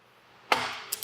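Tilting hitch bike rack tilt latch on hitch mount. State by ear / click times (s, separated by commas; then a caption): seated / 0.5 s. A tilted metal Kuat Piston Pro 2 hitch-mounted bike rack on a 2023 Nissan Rogue is pushed back up into its seated position. The tilt latch on the hitch mount clicks into place at 0.5 s with a sharp, chop-like hit that rings down. Two smaller knocks follow at about 0.9 s and 1.0 s.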